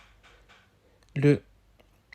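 An M.2 NVMe SSD is being pushed into the expansion slot of a PS5 game console by hand while someone talks. Only faint, small ticks are heard around 1.0, 1.8 and 2.1 seconds. Nothing has seated or clicked yet.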